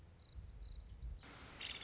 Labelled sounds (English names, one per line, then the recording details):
Nuttall's Woodpecker
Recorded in Sonoma County, California